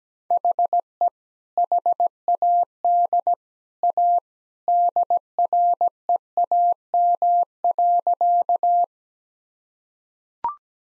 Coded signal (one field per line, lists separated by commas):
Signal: Morse code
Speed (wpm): 17 wpm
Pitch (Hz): 700 Hz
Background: none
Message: HE HAD A DREAM.